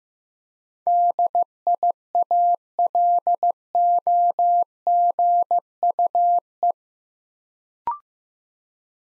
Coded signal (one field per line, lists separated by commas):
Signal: Morse code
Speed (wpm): 15 wpm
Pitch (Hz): 700 Hz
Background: none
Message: DIALOGUE